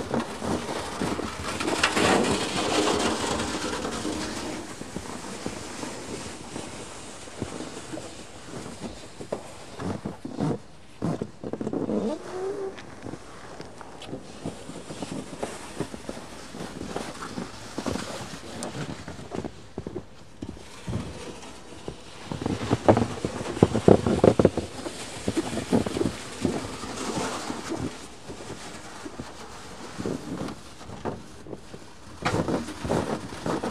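Snow being cleared: irregular scraping and dull thuds throughout, louder near the start, around eleven seconds, and again at twenty-five.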